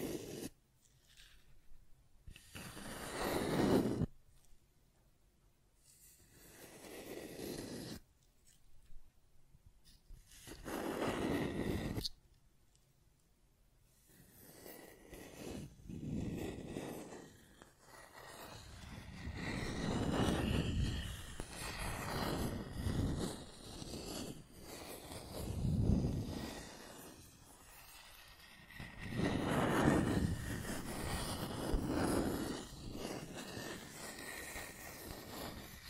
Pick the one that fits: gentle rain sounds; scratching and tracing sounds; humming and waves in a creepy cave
scratching and tracing sounds